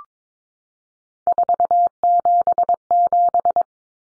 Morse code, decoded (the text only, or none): 477